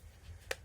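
An aftermarket starter cover for a Stihl MS 381 chainsaw is pushed past its tab into the chainsaw starter housing while the starter cover is being replaced because the starter rope is broken and cannot turn the engine. Under low background hum, a single sharp snap is heard at 0.5 s as the cover's tab seats in place.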